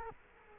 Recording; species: mosquito wingbeat signal from an infrared sensor; Culex quinquefasciatus